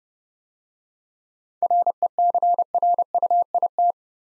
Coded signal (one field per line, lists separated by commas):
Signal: Morse code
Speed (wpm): 28 wpm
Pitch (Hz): 700 Hz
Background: none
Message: RECRUIT